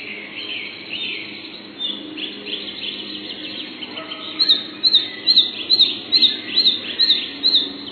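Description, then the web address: Red-breasted flycatcher song: after a few seconds of scattered soft chirps, a clear series of high, sharp notes repeated roughly every half second to the end. Recorded on 3 June 2007. "Animalia Birds 16 Tattingf Fparva"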